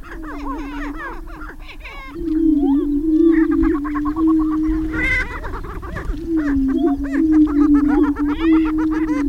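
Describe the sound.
Greater prairie chicken calls: a low humming drone with busy cackles and whoops, quieter at first, swelling louder after two seconds with a sharp burst midway.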